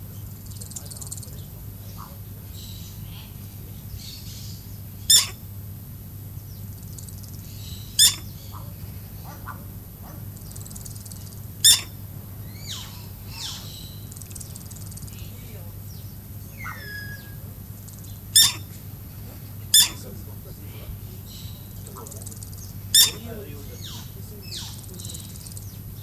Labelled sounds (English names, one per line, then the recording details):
Black-tailed Prairie Dog call
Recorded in captivity
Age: adult
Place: Zoo Halle, Sachsen-Anhalt, DE
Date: 2005-10-10 16:10
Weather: overcast, 10°C
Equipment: Panasonic RQ-2102, Sennheiser ME 80, Kopie Uher 4000 Report Monitor
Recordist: Tembrock, Günter